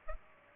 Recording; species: mosquito wingbeat signal from an infrared sensor; Aedes aegypti